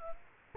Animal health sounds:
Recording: mosquito wingbeat signal from an infrared sensor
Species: Culex quinquefasciatus

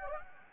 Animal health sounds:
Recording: mosquito wingbeat signal from an infrared sensor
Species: Anopheles gambiae

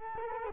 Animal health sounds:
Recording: mosquito wingbeat signal from an infrared sensor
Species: Culex quinquefasciatus

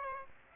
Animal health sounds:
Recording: mosquito wingbeat signal from an infrared sensor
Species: Aedes aegypti

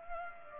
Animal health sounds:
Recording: mosquito wingbeat signal from an infrared sensor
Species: Culex pipiens

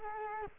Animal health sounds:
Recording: mosquito wingbeat signal from an infrared sensor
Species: Culex quinquefasciatus

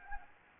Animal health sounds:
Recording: mosquito wingbeat signal from an infrared sensor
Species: Anopheles gambiae

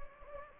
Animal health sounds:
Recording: mosquito wingbeat signal from an infrared sensor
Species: Anopheles gambiae

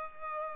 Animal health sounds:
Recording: mosquito wingbeat signal from an infrared sensor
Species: Culex pipiens

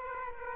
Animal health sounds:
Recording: mosquito wingbeat signal from an infrared sensor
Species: Aedes aegypti

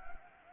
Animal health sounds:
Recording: mosquito wingbeat signal from an infrared sensor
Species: Anopheles arabiensis

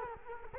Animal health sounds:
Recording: mosquito wingbeat signal from an infrared sensor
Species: Culex quinquefasciatus

